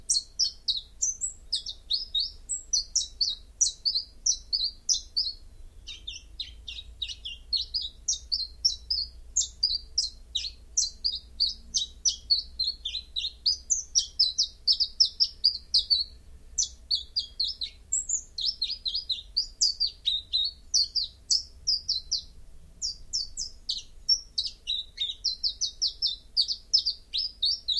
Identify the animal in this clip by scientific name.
Phylloscopus collybita